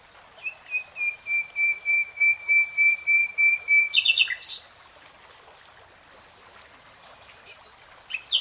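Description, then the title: Nightingale song: a series of about a dozen sustained whistled notes repeated evenly, ending in a harsh crackling burst, then quiet. Nightingale singing in real time. "[Tiếng chim hót] 3 Hours REALTIME Nightingale Singing"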